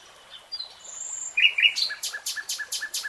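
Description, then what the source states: Nightingale song: faint whistled notes, two sharp accented notes, then a rapid, even series of loud repeated notes. Nightingale singing in real time.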